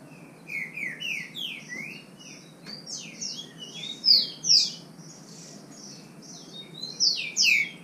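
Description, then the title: Green-winged saltator song: a long sequence of slurred whistles, loudest near the middle and the end. Bird named Nicão singing in the bush (mato), competing in song with a free-living bird. "Trinca Ferro NICÃ O No Mato Disputando Com Solto"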